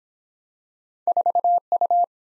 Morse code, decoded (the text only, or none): 4U